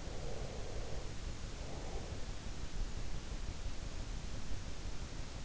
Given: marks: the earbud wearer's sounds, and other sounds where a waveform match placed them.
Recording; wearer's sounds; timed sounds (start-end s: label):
sounds in sleep by an in-ear microphone; breath
0.07-2.53 s: breath